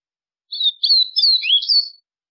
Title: Canto Do Golinha